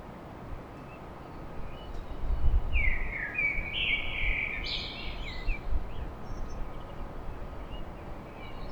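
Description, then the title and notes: Common blackbird song: one rich, fluty, wavering phrase rising into a brief high squeak, with a heavy low city rumble underneath throughout. Recorded at dawn in Paris. "Blackbird Poetry At Paris. Enregistrement d'un chant de merle à l'aube dans Paris"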